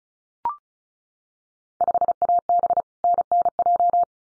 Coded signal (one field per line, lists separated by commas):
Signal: Morse code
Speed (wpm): 34 wpm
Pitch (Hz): 700 Hz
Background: none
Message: 5AB NNJ